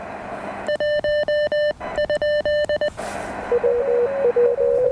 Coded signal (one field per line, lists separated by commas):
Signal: Morse code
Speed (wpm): 19 wpm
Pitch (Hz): 1800 Hz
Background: none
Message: 1?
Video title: 28° of Activation: Radio-Active Therapy with the Elecraft KX1!